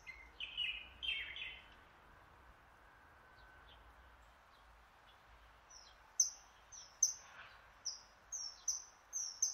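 Bird song: harsh buzzy notes at first, then, after a pause, a quick series of high, thin whistled notes.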